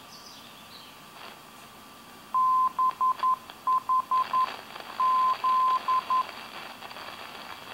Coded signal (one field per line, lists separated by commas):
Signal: Morse code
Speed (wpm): 11 wpm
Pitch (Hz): 1030 Hz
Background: none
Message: BHZ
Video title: NDB - Non Directional Beacon - Radiofarol Belo Horizonte 522khz (520khz)